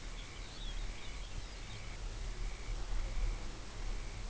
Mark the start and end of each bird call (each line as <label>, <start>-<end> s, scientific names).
Calidris alpina, 0.00-4.29 s